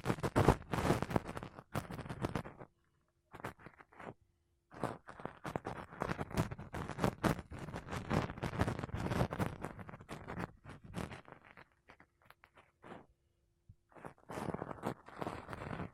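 Makeup brushes and a sponge rub across a microphone in dense, scratchy bursts, with brief silent pauses near two, four, and thirteen seconds.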